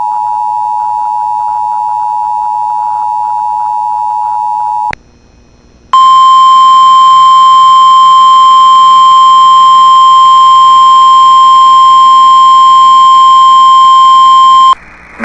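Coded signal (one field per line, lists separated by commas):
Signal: Emergency Alert System (SAME) tones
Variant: 853 and 960 Hz attention tone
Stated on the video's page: Emergency Alert System tests, the first of 2024.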